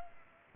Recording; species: mosquito wingbeat signal from an infrared sensor; Culex pipiens